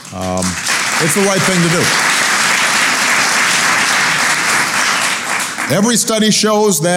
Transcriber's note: applause